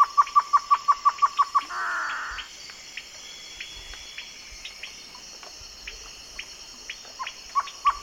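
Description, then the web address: Great antshrike song: a quick run of hollow hoots ending in a short harsh snarl, then quieter background calls before more hooting notes resume. Recorded in the eastern lowlands of South America. "Natures Songs S America Eastern Lowlands Great Antshrike"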